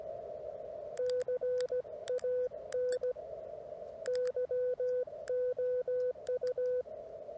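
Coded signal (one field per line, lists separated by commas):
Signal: Morse code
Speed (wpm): 17 wpm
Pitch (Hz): 500 Hz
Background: radio noise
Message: CAN YOU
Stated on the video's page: Parks on the Air CW activation, used as copying practice.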